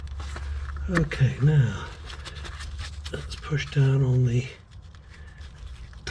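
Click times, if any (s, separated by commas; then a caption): 6.1 s. Someone talks while pressing down on the plastic locking clip of the electrical wiring connector on an ignition coil pack from a Porsche Boxster to unplug it. A sharp click comes at 6.1 s as the clip snaps open and the connector releases.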